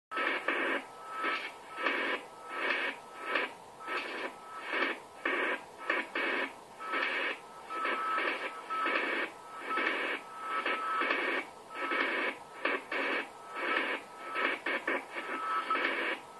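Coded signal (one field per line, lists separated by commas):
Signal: unidentified radio signal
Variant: AMIS smart meter powerline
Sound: rhythmic bursts of rushing noise about twice a second, with a faint steady whistle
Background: radio static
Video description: AMIS Signal der Energie-AG Oberösterreich im Langwellenbereich stören unter anderem den DCF-77 Zeitzeichenempfang sehr stark!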